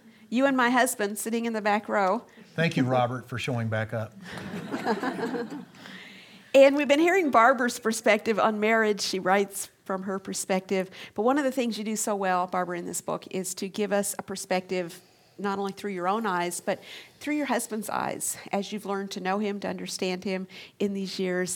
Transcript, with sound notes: You and my husband, sitting in the back row...
Thank you, Robert, for showing back up! [laughter]
We’ve been hearing Barbara’s perspective on marriage; she writes from her perspective. But one of the things you do so well, Barbara, in this book is you give us a perspective—not only through your own eyes—but through your husband’s eyes, as you’ve learned to know him, to understand him in these years.